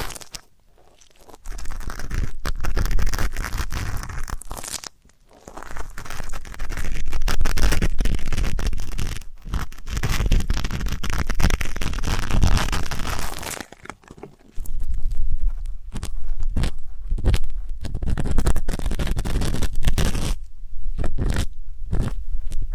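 Deep ear canal and eardrum cleaning: dense, crackling scratching and rubbing with a crunchy, crinkly texture. Long continuous stretches break off into brief silences around 5 and 14 seconds. After about 15 seconds the scraping turns choppier, in short irregular bursts.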